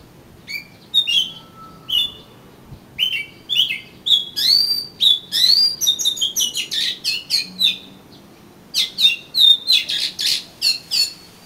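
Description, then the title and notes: Oriental magpie-robin song: starts with sparse whistled notes, builds into a rapid run of bright, varied phrases, then a brief pause and renewed chattering. "suara kacer. kumpulan suara burung kacer"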